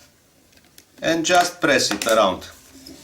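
The plastic back cover of a Galaxy Note 2014 SM-P605 (SM-P600) tablet is handled over its frame, ready to be pressed down around the edges so its perimeter clips snap in during a repair of a flickering, discolored or shadowed screen. A couple of faint ticks come early, then someone talks through most of the clip. Nothing has seated or clicked yet.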